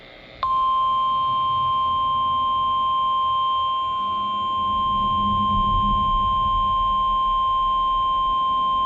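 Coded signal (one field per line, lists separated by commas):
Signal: Emergency Alert System (SAME) tones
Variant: 1050 Hz attention tone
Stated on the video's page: NWS Ruskin weekly test, AM.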